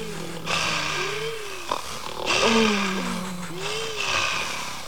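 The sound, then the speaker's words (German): Loud, raspy snoring of letters of the alphabet sleeping in their stalls with eyes wide open, snoring so loud the stalls shake: three long snores in a slow, steady rhythm, each a rough noisy breath over a low, wavering rumble, with no talking. “Sie schliefen mit weit offenen Augen und schnarchten so laut, dass alle Ställe wackelten.”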